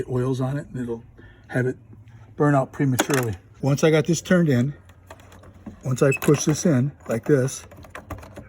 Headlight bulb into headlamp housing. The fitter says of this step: it locks that